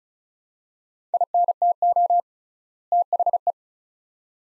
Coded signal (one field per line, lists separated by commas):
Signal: Morse code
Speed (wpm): 34 wpm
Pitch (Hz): 700 Hz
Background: none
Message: INTO THE